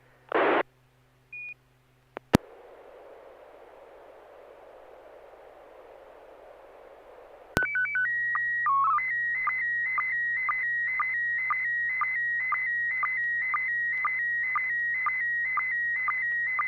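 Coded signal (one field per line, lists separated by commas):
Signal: SSTV (slow-scan television)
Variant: PD120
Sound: brief noise burst, steady hiss, then warbling calibration tones and a rapidly ticking image scan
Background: FM radio hiss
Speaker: I am. This is N6PGQ, and this is supposed to be PD 120.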